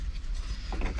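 An electrical plug is reconnected onto the new fuel pump flange on top of the fuel tank of an Audi A1 8X. Over a low background rumble, one short mechanical click is heard at 0.8 s as the connector is pushed home, and it seats.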